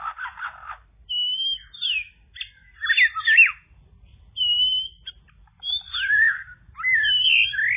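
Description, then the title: Bird singing a lively medley of rasping buzzes, slurred whistles and warbled twists, delivered in phrases with short pauses between them. "kikicau"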